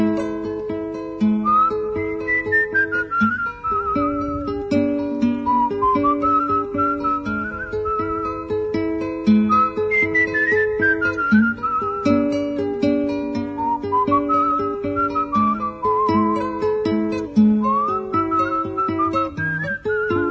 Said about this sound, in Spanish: Pero se fue don Segundo, con su silbido tristón.